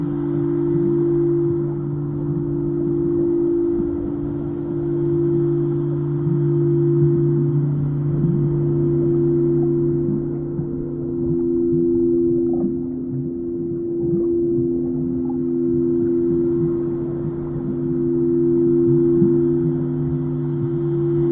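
Singing bowls hum in a deep, unbroken drone, three low tones held steady for the whole stretch, the upper two pulsing gently as they beat against each other. Beneath them runs a soft, watery rumble with faint flickering crackles, strongest around the middle.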